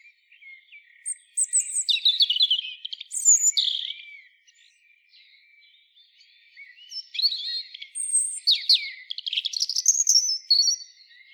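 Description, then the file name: European robin song: two bursts of high, thin, varied twittering phrases, separated by a quiet pause of a few seconds. "Erithacus rubecula"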